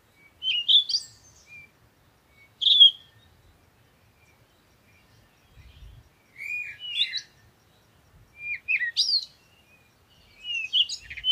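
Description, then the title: Birds singing, short sharp chirped phrases separated by quiet gaps, a few soft low thumps in the background. Morning birds recorded in nature while on vacation, used for a meditation. "Morning Birds Meditation - Spiritually Fit with Amelia Andaleon"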